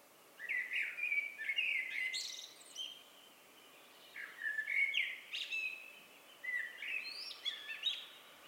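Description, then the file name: Eurasian blackbird sings three leisurely, melodious whistled phrases, each finishing with sharp, high squeaky notes, against quiet hiss. "Turdus merula"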